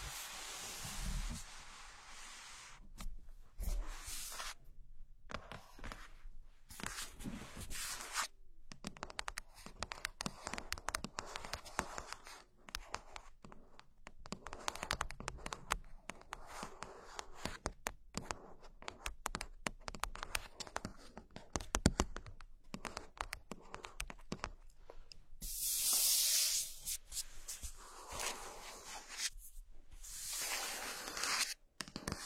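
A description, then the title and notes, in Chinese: Tapping sounds come in dense, irregular clusters of short, crisp clicks that run through most of the recording, broken by brief quiet gaps near 5, 8 and 25 seconds. Bright, hissy bursts like spraying or scratching appear at the start, around 26 seconds and near the end. 舒压疗愈的敲击音。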